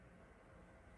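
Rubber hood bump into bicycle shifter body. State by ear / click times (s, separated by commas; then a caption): not seated / none. A rubber shifter hood on a SRAM Force 22 bicycle brake/shift lever body is worked with a small hex wrench to get the small bump at the bottom of the hood into its recess. Steady low broadband noise is heard with no distinct click. Nothing has seated or clicked yet.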